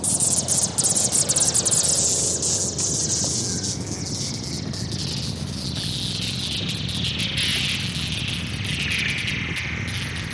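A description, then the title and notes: Dense, steady jungle insect chatter fills the scene while a bright synth tone slowly glides downward beneath a low rumbling bed. Jungle field recording + Modular Synth.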